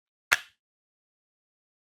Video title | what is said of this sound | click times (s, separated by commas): 5 Method to Lock/Unlock of NT68 E Lock | ये lock हो गया है। | 0.3 s